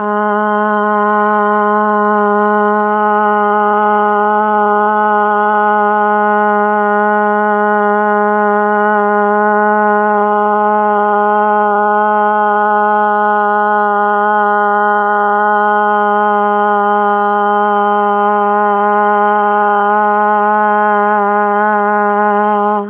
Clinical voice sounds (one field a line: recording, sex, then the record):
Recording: sustained vowel /a/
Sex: female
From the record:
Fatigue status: fatigue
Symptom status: symptomatic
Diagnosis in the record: COVID-19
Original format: 3gp